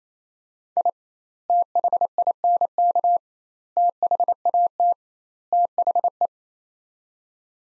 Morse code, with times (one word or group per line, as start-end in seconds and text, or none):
0.8-0.9 I
1.5-3.2 THINK
3.8-4.9 THAT
5.5-6.3 THE